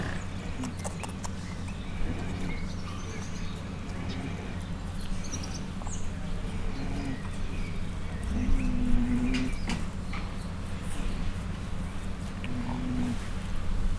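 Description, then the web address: Mangalica pig grunting in a low, continuous stream, with a few short higher notes rising above it, amid faint knocks and background noise. Mangalica pigs at a zoo in Miskolc, recorded in 2018 during suckling. "mangalica folytatodikaszoptatas miskolczoo"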